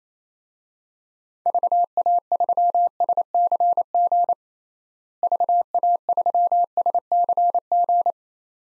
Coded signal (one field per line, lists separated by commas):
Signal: Morse code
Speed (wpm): 27 wpm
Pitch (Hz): 700 Hz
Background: none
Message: VA3SCG VA3SCG